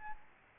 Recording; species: mosquito wingbeat signal from an infrared sensor; Aedes albopictus